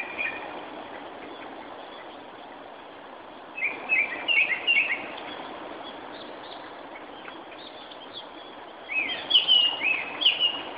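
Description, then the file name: Japanese thrush song: two bursts of quick, varied whistled notes, the first around four seconds in and the second near nine seconds, over a steady rushing background noise. "Turdus cardis"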